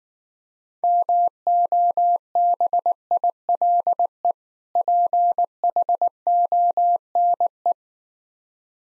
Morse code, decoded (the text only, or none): MOBILE PHONE